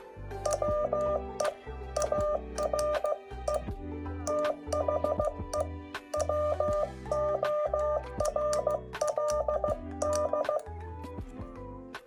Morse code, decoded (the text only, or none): WE ARE THE WORLD